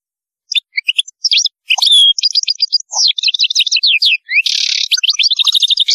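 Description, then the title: European goldfinch song, a continuous fast, liquid twittering with jingling notes, quick chirps and a brief harsh buzzy passage. "Chant Chardonneret"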